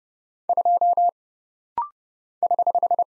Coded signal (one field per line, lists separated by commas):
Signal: Morse code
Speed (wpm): 30 wpm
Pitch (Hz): 700 Hz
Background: none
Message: 2 <HH>